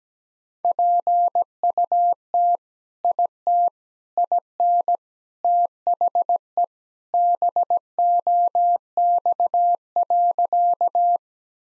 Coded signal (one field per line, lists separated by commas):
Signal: Morse code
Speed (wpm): 17 wpm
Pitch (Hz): 700 Hz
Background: none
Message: PUT IT IN THE BOX.